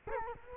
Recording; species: mosquito wingbeat signal from an infrared sensor; Culex quinquefasciatus